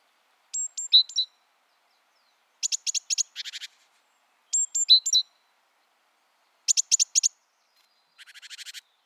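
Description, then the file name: Great tit calling: high thin notes falling into lower slurred notes, then rapid runs of clipped chips, with the pattern repeated and a dry buzzy chatter at the end. "Parus major"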